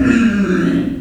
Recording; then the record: squeal of a Yucatan mini pig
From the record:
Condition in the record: after surgery on the right vocal fold (resection and tissue-engineered implant); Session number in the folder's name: 6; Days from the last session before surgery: 40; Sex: female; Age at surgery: 19 weeks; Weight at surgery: 25 kg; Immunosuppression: prednisolone